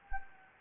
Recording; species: mosquito wingbeat signal from an infrared sensor; Anopheles gambiae